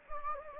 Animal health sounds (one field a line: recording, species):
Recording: mosquito wingbeat signal from an infrared sensor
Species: Anopheles gambiae